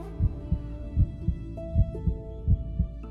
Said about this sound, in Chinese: 良久，不知谁的心跳声打破了沉寂，跳出了劫后余生般的杂乱无章。